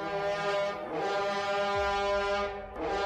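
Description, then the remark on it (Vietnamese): A loud, sustained blast from a tù và animal horn trumpet, a rich buzzing tone full of harmonics that swells, dips briefly and blares again, with no voices; men on both sides of a ritual altar point the horns skyward and blow a long breath in the misty early morning over mountain forest. “Tiếng tù và trong buổi sớm sương vang vọng khắp núi rừng như là muốn đánh thức tất cả, từ thiên nhiên,”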